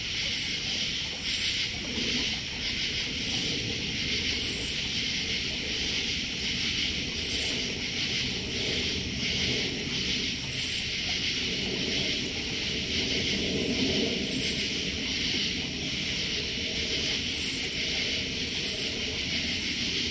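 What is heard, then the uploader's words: Dense nighttime insect chorus of crickets and cicadas by a pool, a steady high shrill drone with rhythmic pulses recurring every second or two. Nighttime chorus by the pool, Westchester, New York, USA. Recorded on a late night in August, up at my brother-in-law’s house in Westchester, north of NYC. Heavy cricket and cicada season, but also on a flight path.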